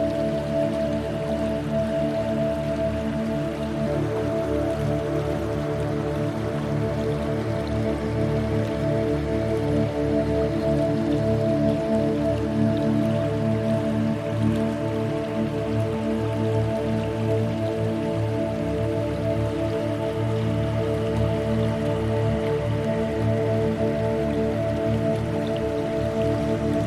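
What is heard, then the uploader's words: Soft, sustained music holds long, unchanging tones in the low and middle range, layered over a constant wash of flowing river water. The blend stays even and dense for the whole clip, with no breaks or sudden changes in loudness. Heavenly Music & Graceful River Sounds.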